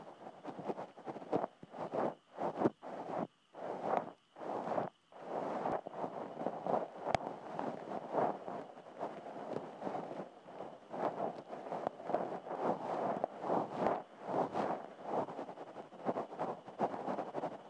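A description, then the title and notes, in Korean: Scratchy ear-cleaning rustles come in short bursts at first, then turn dense and continuous, with a faint steady insect chirr underneath. 풀벌레 소리가 들리는 귀청소 샵 롤플레이 ASMR.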